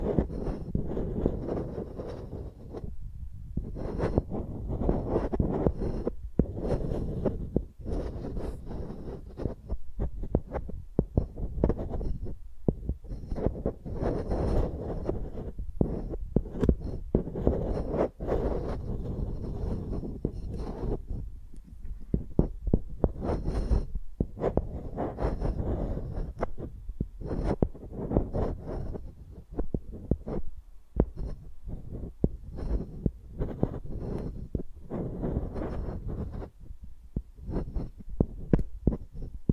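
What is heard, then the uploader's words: A microphone is used like a pencil, dragged and rubbed so it makes a dense, low, thudding rumble that throbs almost like a heartbeat. The scraping runs the whole time, cut by frequent brief silent breaks at irregular moments, with only faint brighter scratches above. Using Mics as Pencils (No Talking).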